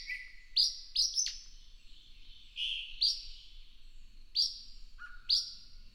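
Bird song mixing sharp high chirps and longer steady tones, with a lower flat whistle near the end, phrases uneven in spacing.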